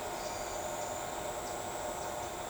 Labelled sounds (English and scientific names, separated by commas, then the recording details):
none
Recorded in shrubland near Pivijay, Magdalena, Colombia, on 13 April 2023 at 06:30
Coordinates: 10.453, -74.365
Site P5-G022